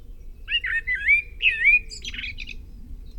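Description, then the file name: Common blackbird song phrase: rich, fluty warbling notes sliding up and down, ending in a thin, scratchy high twitter, over a faint low background hum. "Turdus merula"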